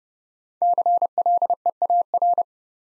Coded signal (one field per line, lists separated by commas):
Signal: Morse code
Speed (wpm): 30 wpm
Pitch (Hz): 700 Hz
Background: none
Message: CLEAR